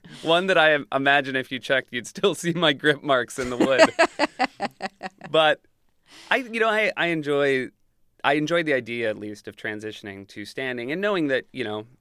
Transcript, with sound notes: one that I imagine if you check, you'd still see my grip marks in the wood.
(LAUGHTER)
But, you know, I enjoy the idea, at least, of transitioning to standing and knowing that, you know,